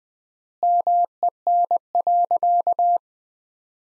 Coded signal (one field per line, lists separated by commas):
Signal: Morse code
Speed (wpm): 20 wpm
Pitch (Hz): 700 Hz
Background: none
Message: MEN.